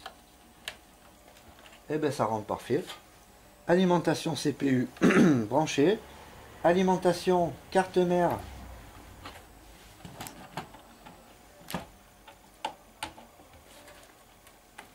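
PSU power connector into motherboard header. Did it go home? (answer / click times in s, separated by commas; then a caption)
no / none. Power supply cables, the CPU power and motherboard power connectors, are being handled while being reconnected in a desktop PC, the plastic connector going toward the board header. Someone talks through most of the clip, with sharp small taps and knocks at about 0.7 s, 10.3 s, 11.7 s, 12.7 s and 13.0 s. Nothing has seated or clicked into place yet.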